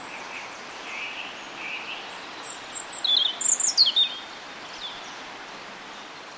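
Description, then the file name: European robin giving a quick phrase of high, sharp twittering notes, some descending, after a few fainter lower notes, with steady hiss. "Erithacus rubecula"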